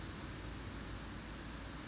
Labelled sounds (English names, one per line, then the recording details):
Brown Creeper
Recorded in Sonoma County, California